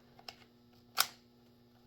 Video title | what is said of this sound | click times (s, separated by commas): I got a new tool!! | I heard a click and holy | 1.0 s